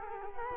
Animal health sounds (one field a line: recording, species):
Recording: mosquito wingbeat signal from an infrared sensor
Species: Culex quinquefasciatus